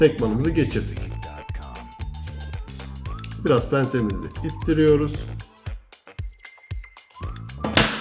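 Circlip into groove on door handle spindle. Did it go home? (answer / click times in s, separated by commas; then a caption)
yes / 7.8 s. A steel circlip (retaining ring) is pushed with pliers onto a door handle spindle until it snaps into its groove. Music plays while someone talks, and a sharp, loud hit at 7.8 s marks the ring seating in place.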